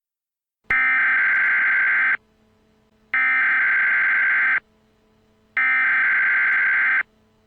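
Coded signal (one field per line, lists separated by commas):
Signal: Emergency Alert System (SAME) tones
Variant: header bursts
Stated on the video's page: Fictional EAS scenario in which a pulsar passes Earth.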